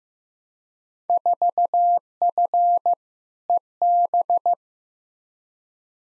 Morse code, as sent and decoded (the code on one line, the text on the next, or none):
....- ..-. / . -...
4F EB